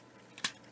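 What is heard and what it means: A plastic transforming figure's shoulder joint is worked into its torso lock and seats. A small click is heard at 0.4 s and a sharp plastic snap at 0.5 s as the shoulder locks in.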